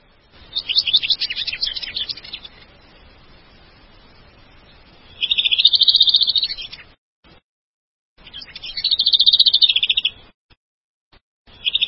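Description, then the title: White-rumped shama song with a scratchy opening phrase followed by smoother whistled bursts, repeated several times with gaps between them. "Kicau Murai Batu"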